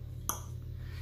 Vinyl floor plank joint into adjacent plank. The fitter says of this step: and you'll know that that's clicked in and